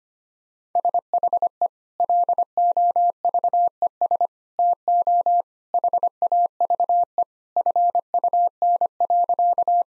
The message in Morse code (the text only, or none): SHE LOVES TO HAVE FUN.